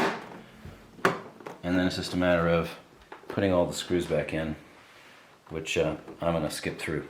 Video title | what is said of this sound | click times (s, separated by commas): Fix a dead Vizio TV | and it's pretty simple snaps into place | 1.0 s